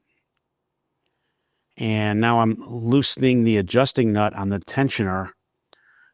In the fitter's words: when the torque wrench clicks, then I know it's tension and I tighten it down.